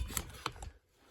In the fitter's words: We'll just click right in there, just like that.